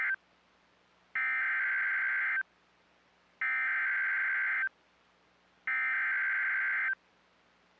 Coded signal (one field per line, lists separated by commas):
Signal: Emergency Alert System (SAME) tones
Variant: header bursts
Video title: NOAA Weather Radio - EAS Doubleheader FFW & Severe Thunderstorm Warning [EAS #269-#270] (8/10/22)